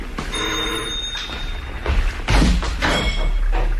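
A ringing bell tone sounds briefly, followed by a few heavy, irregular knocks on a door, dull thuds spaced apart with no voices.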